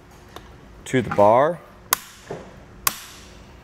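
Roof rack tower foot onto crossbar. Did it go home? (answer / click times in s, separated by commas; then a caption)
yes / 1.9 s, 2.9 s. A Yakima RidgeLine roof rack tower foot, for flush rails on a 2021 GMC Acadia, is pressed down and tightened onto the crossbar while someone talks. Two sharp clicks at 1.9 s and 2.9 s mark the foot seating and securing onto the bar.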